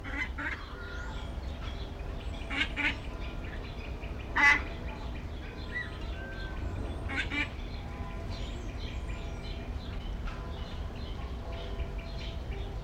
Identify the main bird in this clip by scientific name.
Plegadis ridgwayi